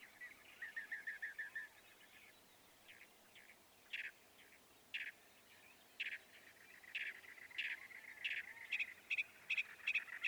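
Northern mockingbird song: a fast trill, then separated harsh notes, building into rapid repeated phrases at the end.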